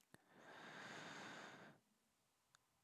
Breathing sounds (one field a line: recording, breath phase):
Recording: one breath near a microphone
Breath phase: inhalation